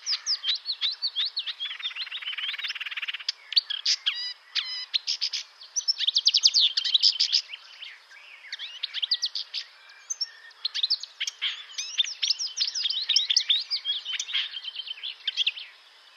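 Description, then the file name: Marsh warbler song, a continuous rush of scratchy notes, rattling trills and high clear whistles, varied and hardly pausing over the whole stretch. "Rousserolle verderolle"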